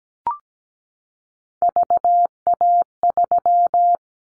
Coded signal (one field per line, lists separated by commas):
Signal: Morse code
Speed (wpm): 17 wpm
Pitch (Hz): 700 Hz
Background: none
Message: VA3